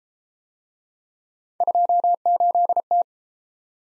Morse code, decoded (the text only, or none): 28T